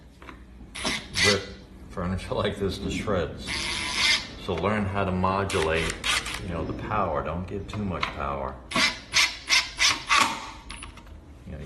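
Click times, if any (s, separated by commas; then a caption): 10.7 s. A drill/driver at low power drives an assembly screw into a particleboard panel of a Closetmaid 8995 shoe organizer rack while someone talks, with bursts of whirring and rasping throughout. At 10.7 s the clutch slips with a single click, meaning the screw is tight enough.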